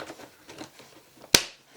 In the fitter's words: okay so you hear it snap it is all good and steady in here